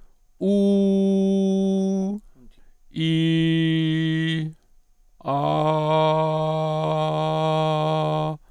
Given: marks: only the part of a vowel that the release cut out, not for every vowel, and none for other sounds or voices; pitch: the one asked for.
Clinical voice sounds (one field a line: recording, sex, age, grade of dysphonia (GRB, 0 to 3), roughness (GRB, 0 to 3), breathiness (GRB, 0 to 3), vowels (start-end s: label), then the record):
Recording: sustained vowels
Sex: male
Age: 60 to 69 years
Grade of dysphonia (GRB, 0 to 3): 2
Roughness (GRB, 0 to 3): 0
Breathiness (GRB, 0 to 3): 0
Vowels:
0.52-2.06 s: vowel /u/, high pitch
3.02-4.36 s: vowel /i/, low pitch
5.80-7.78 s: vowel /a/, low pitch
From the record:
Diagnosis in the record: functional dysphonia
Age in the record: 60 years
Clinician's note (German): Hypoton, psychogene Komponente